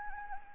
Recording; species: mosquito wingbeat signal from an infrared sensor; Anopheles arabiensis